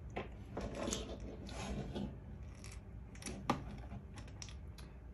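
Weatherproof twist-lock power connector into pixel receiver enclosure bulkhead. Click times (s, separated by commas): 3.5 s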